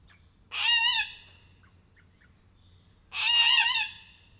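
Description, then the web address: Little corella calling with two loud, raspy screeches roughly two and a half seconds apart, each with a wavering harsh tone. Emboldened individual at Miskolc Zoo, 2018. "allathangok miskolcizoo 2018 csupaszszemu kakadu felbatorodva miskolczoo"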